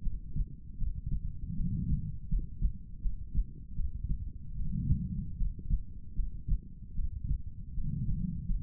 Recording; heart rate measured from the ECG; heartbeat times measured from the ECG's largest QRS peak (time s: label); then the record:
heart sounds by stethoscope; 78 bpm
0.01 s: heartbeat
0.77 s: heartbeat
1.54 s: heartbeat
2.28 s: heartbeat
3.00 s: heartbeat
3.74 s: heartbeat
4.55 s: heartbeat
5.36 s: heartbeat
6.14 s: heartbeat
6.94 s: heartbeat
7.73 s: heartbeat
8.45 s: heartbeat
From the record:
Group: healthy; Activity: rest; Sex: female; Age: 23 years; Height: 160 cm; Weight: 50.4 kg